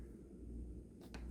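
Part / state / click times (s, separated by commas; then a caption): window arm bar onto sash hardware / seated / 1.1 s. A window arm bar is hooked onto the casement sash hardware and snapped into place. Low steady noise comes first, then a short sliding rub near 1.0 s and a sharp click at 1.1 s. The arm bar is seated.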